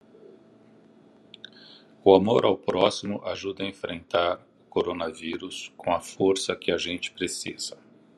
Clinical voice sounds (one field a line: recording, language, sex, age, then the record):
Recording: spoken sentence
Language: Brazilian Portuguese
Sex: male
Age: 60 to 69 years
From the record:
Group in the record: control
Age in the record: 61 years